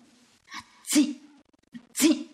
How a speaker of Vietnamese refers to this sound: … để chiếc dĩa xuống bàn, hắt hơi liên tiếp.